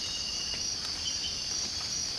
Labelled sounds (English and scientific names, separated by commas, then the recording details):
none
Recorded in secondary vegetation near Puerto Asís, Putumayo, Colombia, on 19 March 2025 at 05:00
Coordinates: 0.502, -76.326
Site G100